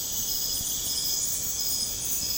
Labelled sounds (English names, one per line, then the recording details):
none
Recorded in pastures near Puerto Asís, Putumayo, Colombia, on 29 June 2025 at 03:00
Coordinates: 0.496, -76.326
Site GP01